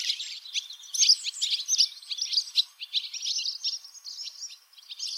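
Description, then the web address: Barn swallow song, busy twittering phrases with sharp clicking notes and brief scratchy trills. In Lower Saxony, Germany. "niedersachsen rauchschwalbe"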